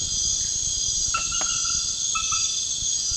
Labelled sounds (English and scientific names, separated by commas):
none